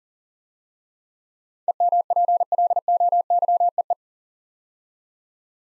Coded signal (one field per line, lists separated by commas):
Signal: Morse code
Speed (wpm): 40 wpm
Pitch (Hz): 700 Hz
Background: none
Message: EMPLOYEE